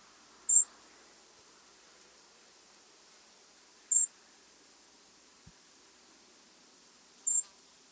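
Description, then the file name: European robin repeating a brief, very high, thin seep roughly every three and a half seconds, three notes in all, with a soft tap between. "Erithacus rubecula"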